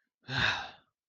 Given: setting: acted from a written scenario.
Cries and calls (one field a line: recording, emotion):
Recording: vocal sound without words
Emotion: disappointment